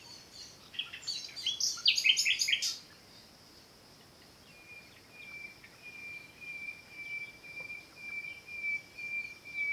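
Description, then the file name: Common nightingale song opening with a quick burst of rattling notes, followed by a long, thin, steady whistle held for several seconds. "Luscinia megarhynchos"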